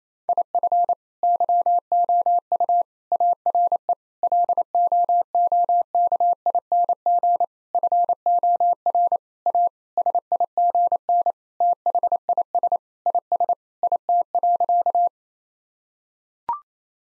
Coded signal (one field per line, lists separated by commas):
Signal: Morse code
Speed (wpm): 28 wpm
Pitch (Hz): 700 Hz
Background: none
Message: IF YOU ARE LOOKING FOR A SIGN THIS IS IT.